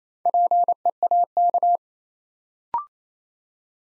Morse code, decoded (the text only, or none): PEAK